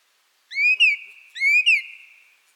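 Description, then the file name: Song thrush song: one clear whistled phrase that rises then drops, sung twice in a row with a brief pause between. "Pevchii drozd"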